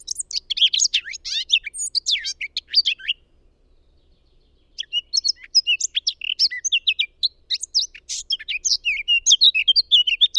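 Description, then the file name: Eurasian blackcap song in two bursts: a dense, scratchy warble, a pause of nearly two seconds, then a longer run of bright, varied twittering notes. "Sylvia atricapilla"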